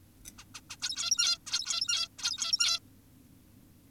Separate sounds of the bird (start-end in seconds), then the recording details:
0.38-0.44, 0.55-0.61, 0.70-0.76, 0.82-1.38, 1.47-2.08, 2.18-2.80. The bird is an adult. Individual g17y2U